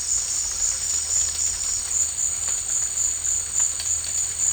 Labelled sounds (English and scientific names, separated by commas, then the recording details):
none
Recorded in dense forest near Puerto Asís, Putumayo, Colombia, on 21 March 2025 at 14:30
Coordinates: 0.485, -76.318
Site G056